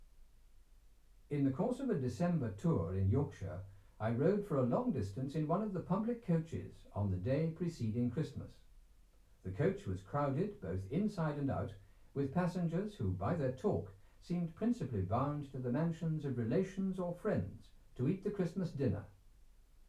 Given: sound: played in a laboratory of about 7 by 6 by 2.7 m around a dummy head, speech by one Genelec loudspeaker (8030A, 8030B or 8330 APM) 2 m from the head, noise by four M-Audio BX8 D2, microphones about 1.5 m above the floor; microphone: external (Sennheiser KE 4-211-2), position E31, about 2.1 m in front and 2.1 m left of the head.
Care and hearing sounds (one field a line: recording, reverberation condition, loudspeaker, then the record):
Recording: male speech in English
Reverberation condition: low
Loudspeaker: 90 degrees to the left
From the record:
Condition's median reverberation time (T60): about 310 ms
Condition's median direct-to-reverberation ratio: about 3.5 dB